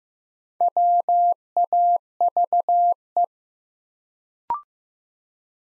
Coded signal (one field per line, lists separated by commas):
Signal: Morse code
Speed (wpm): 15 wpm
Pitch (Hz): 700 Hz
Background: none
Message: WAVE